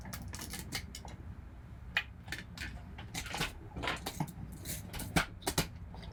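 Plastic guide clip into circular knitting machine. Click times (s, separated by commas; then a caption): 5.5 s, 5.6 s. A plastic guide clip is fitted onto a 48-needle Sentro circular knitting machine, with handling rattles and small plastic taps, including a sharp tap near 2.0 seconds. A double click at 5.5 and 5.6 seconds marks the clip snapping into place, and it is seated.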